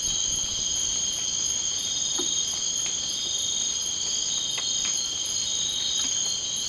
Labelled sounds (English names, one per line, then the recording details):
none
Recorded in dense forest near Puerto Asís, Putumayo, Colombia, on 19 March 2025 at 00:30
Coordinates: 0.500, -76.322
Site GP06